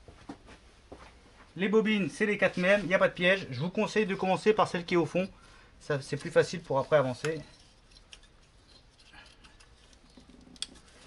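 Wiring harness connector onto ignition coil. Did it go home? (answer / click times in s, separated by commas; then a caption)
yes / 10.6 s. A wiring harness electrical connector is pushed onto a new ignition coil on a Mazda RX8 rotary engine while someone talks. After the talking stops, faint handling noises are heard before a sharp click at 10.6 s as the connector seats onto the coil.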